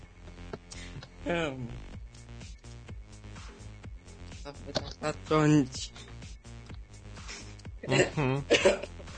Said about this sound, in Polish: Jak coś kaszle. Co ci zdechło?